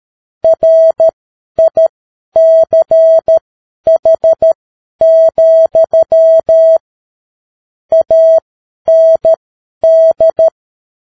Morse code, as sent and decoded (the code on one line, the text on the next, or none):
.-. .. -.-. .... --..-- / .- -. -..
RICH, AND